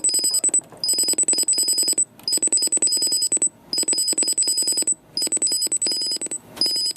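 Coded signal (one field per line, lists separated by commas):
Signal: modem data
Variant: two-tone acoustic FSK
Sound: rapidly alternating high-pitched whistles in short bursts, over a steady rattling buzz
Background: rhythmic clicking buzz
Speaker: yes, we are using 5 kilohertz and 8 kilohertz. Yeah. yes, It's so it's dual tone modem. yes. Yeah. All right. So send something.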